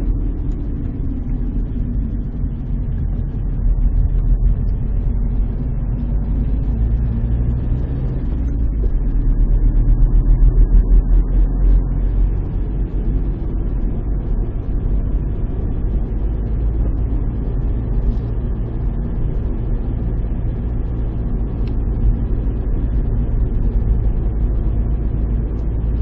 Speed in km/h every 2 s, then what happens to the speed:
23, 19, 20, 29, 31, 34, 38, 42, 43, 43, 42, 41, 42.
1-15 speeds up to 43. 15-26 steady at about 42.